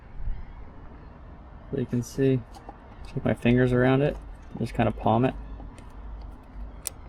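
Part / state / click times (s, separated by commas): fuel filter into outboard fuel filter housing / seated / 6.9 s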